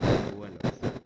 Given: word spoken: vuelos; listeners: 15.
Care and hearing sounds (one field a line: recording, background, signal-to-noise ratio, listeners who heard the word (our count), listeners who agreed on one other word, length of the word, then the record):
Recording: one Spanish word in noise, from a listening test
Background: noise modulated by one talker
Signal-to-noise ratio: -11.3 dB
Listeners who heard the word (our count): 3 of 15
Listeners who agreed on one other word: 8 of 15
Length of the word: 0.66 s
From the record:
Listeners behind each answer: 8, 3, 3, 1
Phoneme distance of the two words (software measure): 10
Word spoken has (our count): 2 syllables, 6 phonemes, stress on syllable 1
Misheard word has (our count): 2 syllables, 6 phonemes, stress on syllable 1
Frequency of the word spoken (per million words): 14.37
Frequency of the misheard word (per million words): 16.21